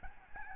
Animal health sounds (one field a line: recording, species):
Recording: mosquito wingbeat signal from an infrared sensor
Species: Aedes albopictus